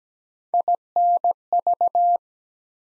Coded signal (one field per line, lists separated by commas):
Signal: Morse code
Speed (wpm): 17 wpm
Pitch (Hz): 700 Hz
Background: none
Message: INV